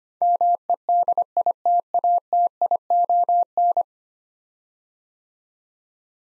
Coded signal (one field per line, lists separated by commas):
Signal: Morse code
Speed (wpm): 25 wpm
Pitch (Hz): 700 Hz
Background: none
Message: MEDITATION